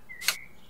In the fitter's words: it fastens with a box clasp and that seems to work very well as well with a nice solid click